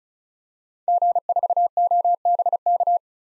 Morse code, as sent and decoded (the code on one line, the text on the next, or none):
--. ....- --- -... -.-
G4OBK